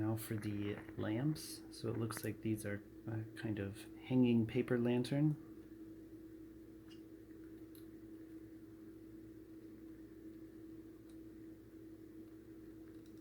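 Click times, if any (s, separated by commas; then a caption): none. Someone talks for the first five seconds while pressing a plastic hanging-lantern brick onto a LEGO Disney Princess set 41151, Mulan's Training Day, followed by a steady low hum with one faint tick near 7.8 s. The lantern piece has not snapped into place yet.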